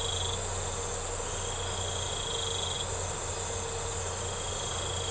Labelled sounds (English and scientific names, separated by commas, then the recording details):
none
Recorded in secondary vegetation near Puerto Asís, Putumayo, Colombia, on 4 March 2025 at 04:00
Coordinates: 0.468, -76.324
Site G059